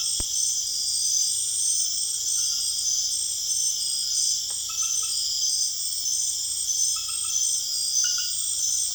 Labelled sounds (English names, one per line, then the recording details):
none
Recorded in secondary vegetation near Puerto Asís, Putumayo, Colombia, on 25 June 2025
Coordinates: 0.488, -76.319
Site G094